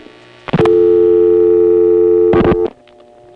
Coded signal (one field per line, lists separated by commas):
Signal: telephone call progress tone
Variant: North America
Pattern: dial tone